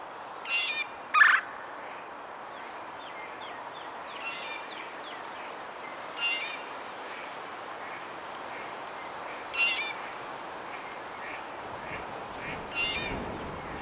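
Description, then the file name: Red-bellied woodpecker, one loud harsh churr early on, with scattered softer calls before and after it over a hissing background. "Melanerpes carolinus - Red-bellied Woodpecker"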